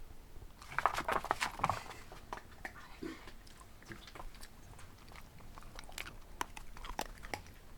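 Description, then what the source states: Dog chewing, with a dense burst of sharp crunches early on, then slower scattered crunches and clicks at an irregular pace. A dog eating snacks.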